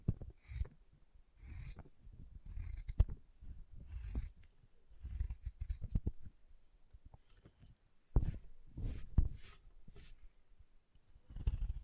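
Chalk being carved and cut in short, uneven bursts of low scraping and rasping, with sharp clicks near three, eight and nine seconds.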